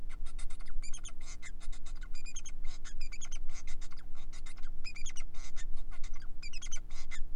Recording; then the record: song of a male Bengalese finch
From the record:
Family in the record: son of father 4